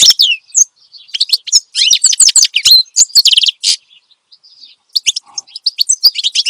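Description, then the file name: Finch song, rapid high chirps and twittering notes in dense bursts, with brief pauses between phrases. Finch singing steadily and loudly (gacor), offered as a recording for training other songbirds (masteran). "Suara Kicauan Burung Finch Gacor Dor Cocok Untuk Masteran"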